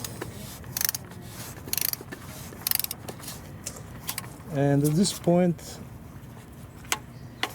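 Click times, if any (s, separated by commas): 6.9 s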